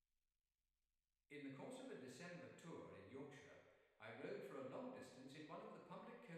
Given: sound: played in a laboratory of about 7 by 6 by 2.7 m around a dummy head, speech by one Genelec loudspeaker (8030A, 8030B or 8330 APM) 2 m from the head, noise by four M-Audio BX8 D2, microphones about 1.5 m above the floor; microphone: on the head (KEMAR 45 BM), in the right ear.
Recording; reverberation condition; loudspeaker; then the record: male speech in English; high; 150 degrees to the right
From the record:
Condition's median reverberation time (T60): about 1300 ms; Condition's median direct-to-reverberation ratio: about -4.0 dB